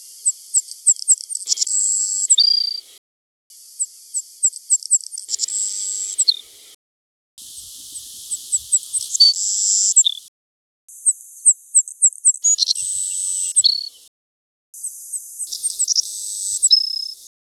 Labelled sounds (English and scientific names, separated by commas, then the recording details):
Savannah Sparrow (Passerculus sandwichensis) song
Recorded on Kent Island, New Brunswick, in 1996